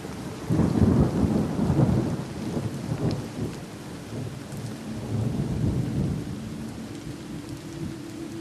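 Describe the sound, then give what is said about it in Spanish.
Steady rain hisses over a deep, rolling rumble of thunder that swells early and then fades into a softer, continuous downpour. No voices are heard. “Se quedó parado en la lluvia.”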